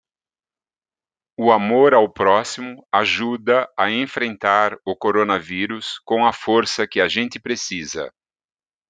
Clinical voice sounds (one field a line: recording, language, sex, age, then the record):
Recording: spoken sentence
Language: Brazilian Portuguese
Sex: male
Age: 60 to 69 years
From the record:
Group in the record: control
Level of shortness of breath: 0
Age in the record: 64 years